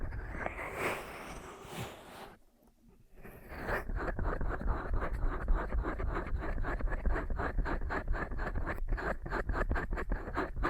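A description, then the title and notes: Soft rubbing against the ear gives way after a brief near-silent pause to quick, regular scratchy strokes repeating steadily to the end. ASMR 10 Ear Massages for Sleep (No Talking).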